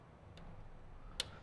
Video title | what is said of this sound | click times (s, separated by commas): Diamond Audio Head Unit Installation & Review - 2014+ Harley-Davidson Touring | till it clicks and those are the three connections that we unplugged out of our | 1.2 s